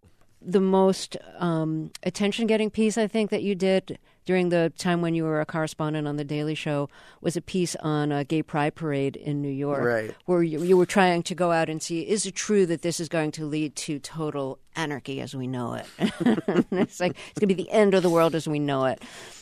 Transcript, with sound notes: The most attention-getting piece, I think, that you did during the time when you were a correspondent on "The Daily Show" was a piece on a gay pride parade in New York...
Right.
Where you were trying to go out and see is it true that this is going to lead to total anarchy as we know it?
(LAUGHTER)
It's like, it's going to be the end of the world as we know it.